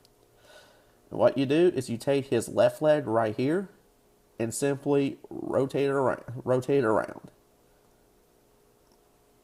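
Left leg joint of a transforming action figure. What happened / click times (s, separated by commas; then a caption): The toy leg was rotated without any seating click / none. Someone talks while the plastic left leg of a Transformers Age of Extinction One Step Changer Steeljaw action figure is rotated around at its joint. The handling is quiet beneath the speech, and nothing has clicked or locked into place yet.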